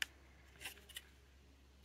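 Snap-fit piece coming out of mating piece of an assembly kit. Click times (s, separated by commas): 0.0 s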